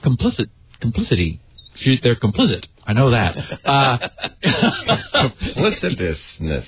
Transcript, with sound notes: Complicit. Complicity. They're complicit, I know that.
[Laughing] Complicitousness.